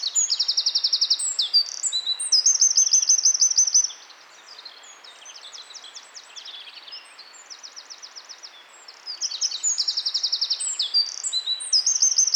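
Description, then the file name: Eurasian wren song: loud, very high rapid trills and chattering phrases, a quieter stretch of several seconds, then another burst of fast trills. "Troglodytes troglodytes"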